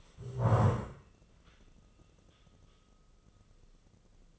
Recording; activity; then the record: daily activity, microphone in the room; stand up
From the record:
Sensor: 4